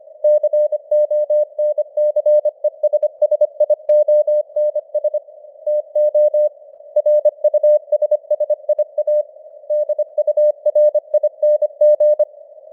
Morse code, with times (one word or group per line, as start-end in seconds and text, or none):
0.2-5.2 CONCESSIONS
5.7-6.5 TO
7.0-9.2 RUSSIA
9.7-12.2 DURING